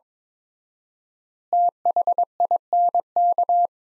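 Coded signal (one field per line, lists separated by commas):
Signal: Morse code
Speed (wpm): 22 wpm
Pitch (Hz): 700 Hz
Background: none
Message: THINK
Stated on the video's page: Morse practice sentences from the top 200 words at 22 wpm with 4x standard word spacing, a word-level analogue of Farnsworth spacing.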